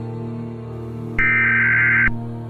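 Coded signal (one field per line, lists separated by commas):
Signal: Emergency Alert System (SAME) tones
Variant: header bursts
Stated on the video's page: Fictional Christmas scenario alert, simulated rather than a real broadcast.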